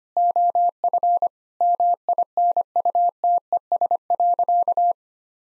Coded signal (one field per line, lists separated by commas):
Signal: Morse code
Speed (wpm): 25 wpm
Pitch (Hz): 700 Hz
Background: none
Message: OF MINUTES.